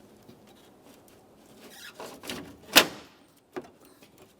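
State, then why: Seated. A front bumper cover on a 2011–2020 Toyota Sienna is lined up and pressed into position so its lower locking tabs fit into the mounting points along the bottom. Soft rustling and shifting plastic builds up, then a sharp, bright click at 2.8 s marks the tabs seating. A smaller knock follows at about 3.6 s.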